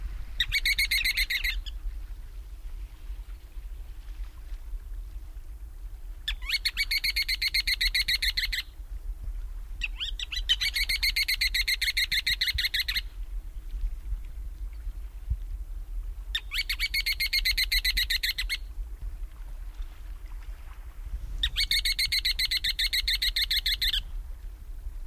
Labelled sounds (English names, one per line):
Ruddy Turnstone call